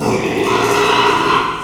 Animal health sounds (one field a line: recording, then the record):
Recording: squeal of a Yucatan mini pig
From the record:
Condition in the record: after surgery on the right vocal fold (resection and tissue-engineered implant)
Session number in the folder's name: 1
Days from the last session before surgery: 6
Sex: male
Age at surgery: 12 weeks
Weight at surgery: 13 kg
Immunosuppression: cyclosporine, prednisolone